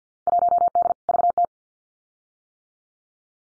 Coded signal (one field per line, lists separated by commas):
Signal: Morse code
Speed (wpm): 50 wpm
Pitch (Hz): 700 Hz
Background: none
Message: 1D VT